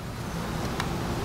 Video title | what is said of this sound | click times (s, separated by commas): Chrysler 62TE solenoid pack replacement Part 2 | hear that snap now | 0.8 s